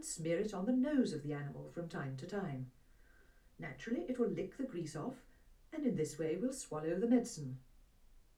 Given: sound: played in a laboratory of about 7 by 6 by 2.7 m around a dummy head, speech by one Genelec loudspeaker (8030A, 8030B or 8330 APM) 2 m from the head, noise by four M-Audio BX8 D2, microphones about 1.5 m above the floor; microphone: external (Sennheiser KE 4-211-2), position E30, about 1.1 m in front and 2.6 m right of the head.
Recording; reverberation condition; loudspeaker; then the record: female speech in English; low; 90 degrees to the left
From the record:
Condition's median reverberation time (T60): about 310 ms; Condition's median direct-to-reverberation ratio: about 3.5 dB